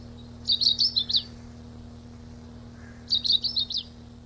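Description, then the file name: Long-tailed rosefinch gives two matching high, rapid twittered phrases about two and a half seconds apart, with quiet hum behind. 26 April 1992. "26 04 92 Uragus"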